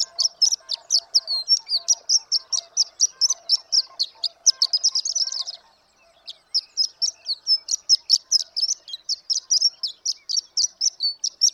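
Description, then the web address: Horned lark song of rapid, high, jingling notes, broken by a short silence after about five seconds, then resuming just as quickly. "birdsongforthecurious Horned Lark"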